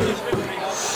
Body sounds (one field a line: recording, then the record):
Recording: coughing mixed with background sound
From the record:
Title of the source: Mid-morning Winter Coughing Fit